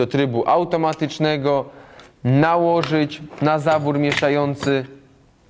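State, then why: Not seated. An electric actuator that has been switched to automatic mode is being handled for fitting onto the mixing valve of an underfloor heating mixing module while a man talks throughout. The clip ends just as the part is about to go on, and nothing has seated or clicked yet.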